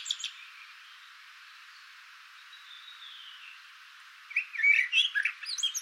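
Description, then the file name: Eurasian blackbird, mostly quiet at first, then a lively phrase of whistles and high squeaky twittering near the end. "Turdus merula"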